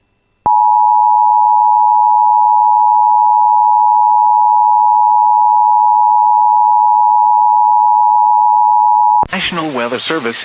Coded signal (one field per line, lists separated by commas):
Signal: Emergency Alert System (SAME) tones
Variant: 853 and 960 Hz attention tone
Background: speech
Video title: [EAS] Severe Thunderstorm Warning for Detroit Lakes Area (7/4/26)